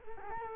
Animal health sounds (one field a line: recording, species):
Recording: mosquito wingbeat signal from an infrared sensor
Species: Culex quinquefasciatus